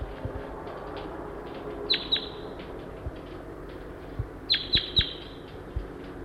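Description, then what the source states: Crossbill calls: sharp, clipped high notes, a pair, then a quick run of three, over background hiss. Wild female; recorder aimed at her.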